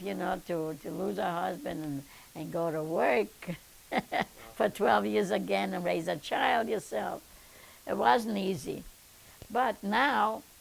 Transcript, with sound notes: You know, to lose a husband and go to work. ( she laughs ) For twelve years again, and raise a child yourself. It wasn't easy. But now,